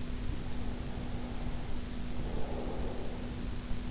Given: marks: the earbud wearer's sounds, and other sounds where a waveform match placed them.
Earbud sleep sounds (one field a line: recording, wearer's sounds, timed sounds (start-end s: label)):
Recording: sounds in sleep by an in-ear microphone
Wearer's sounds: breath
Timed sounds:
0.27-3.58 s: breath